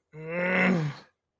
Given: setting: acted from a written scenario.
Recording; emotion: vocal sound without words; distress